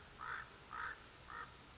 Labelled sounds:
Common Raven (Corvus corax)

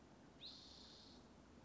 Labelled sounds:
Spotted Towhee (Pipilo maculatus)

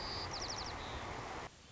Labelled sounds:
White-crowned Sparrow (Zonotrichia leucophrys)

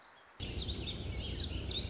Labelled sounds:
Warbling Vireo (Vireo gilvus)

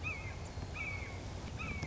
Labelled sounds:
Red-shouldered Hawk (Buteo lineatus)

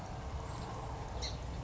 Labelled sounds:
Song Sparrow (Melospiza melodia)

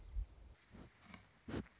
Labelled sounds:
Song Sparrow (Melospiza melodia)

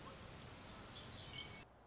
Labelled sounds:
Orange-crowned Warbler (Leiothlypis celata)

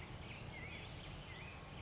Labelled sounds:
Black-headed Grosbeak (Pheucticus melanocephalus)

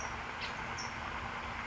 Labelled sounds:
California Towhee (Melozone crissalis)

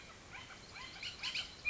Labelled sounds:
Bullock's Oriole (Icterus bullockii)

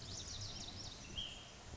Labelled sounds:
Ash-throated Flycatcher (Myiarchus cinerascens)

